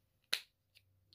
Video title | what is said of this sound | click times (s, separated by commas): Fulton Flashlight Review AND the LED conversion kit | snapped right in there | 0.3 s